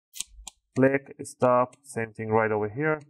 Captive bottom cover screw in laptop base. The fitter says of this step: Just rotate until you hear a click.